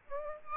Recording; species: mosquito wingbeat signal from an infrared sensor; Aedes aegypti